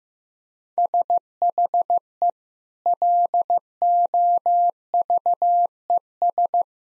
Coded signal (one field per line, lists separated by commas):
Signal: Morse code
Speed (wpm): 15 wpm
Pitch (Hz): 700 Hz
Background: none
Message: SHE LOVES